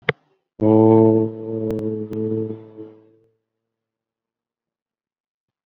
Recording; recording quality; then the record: sustained vowel as in boot; excellent, no background noise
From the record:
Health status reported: COVID-19 positive, no symptoms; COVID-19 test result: positive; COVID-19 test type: RT-PCR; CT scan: not taken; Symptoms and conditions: hypertension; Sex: male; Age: 69 years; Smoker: no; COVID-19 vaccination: none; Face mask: not worn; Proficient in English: no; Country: India